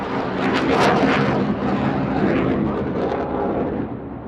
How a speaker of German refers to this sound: Die F-35 ist das allermodernste Kampfflugzeug mit Stealth-Eigenschaften, das heißt für gegnerischen Radar schwer zu erfassen.